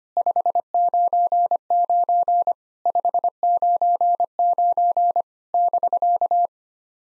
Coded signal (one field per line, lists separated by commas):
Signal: Morse code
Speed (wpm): 25 wpm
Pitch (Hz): 700 Hz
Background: none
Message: 599 599 <BK>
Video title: POTA QSO Practice - 25wpm